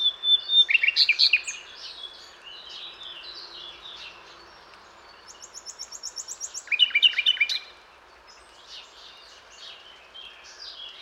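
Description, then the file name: Common nightingale song: loud bursts of rapid repeated notes and buzzy trills, a high rattling series in between, with softer bird chatter continuing in the background. "Luscinia megarhynchos"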